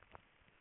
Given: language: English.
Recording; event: throat vibration sensor signal played as sound; swallow